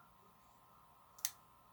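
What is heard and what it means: While a padlock cylinder is being picked, another pin, around pin two, sets with a single sharp click at about 1.3 seconds, just after a faint tick. The rest is quiet background, and the pin is seated.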